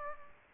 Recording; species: mosquito wingbeat signal from an infrared sensor; Aedes aegypti